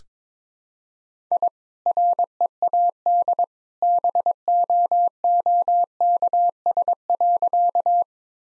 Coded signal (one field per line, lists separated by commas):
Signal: Morse code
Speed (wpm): 22 wpm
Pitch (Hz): 700 Hz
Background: none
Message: I READ BOOKS.